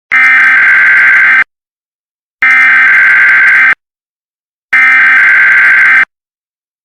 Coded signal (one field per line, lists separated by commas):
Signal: Emergency Alert System (SAME) tones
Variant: header bursts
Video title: EAS Tornado Warning: Hillsborough, FL [MOCK]